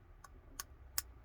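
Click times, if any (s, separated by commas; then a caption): 1.0 s. Flex cable connectors are pressed down onto the board of a Samsung Galaxy Z Fold 4 foldable phone, producing a series of short, sharp clicks at about 0.3, 0.6 and 1.0 seconds, plus a faint tick near 1.3 seconds. The loudest click at 1.0 seconds is the connector seating, confirming it has clicked into place.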